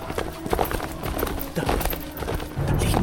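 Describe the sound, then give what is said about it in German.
The hoofbeats of a ridden black horse clop along in a quick, steady rhythm of sharp knocks, with a low rumbling background underneath that grows louder toward the end. “Jeder Huftritt meines Pferdes wirkte wie ein Faustschlag auf meinen Kopf.”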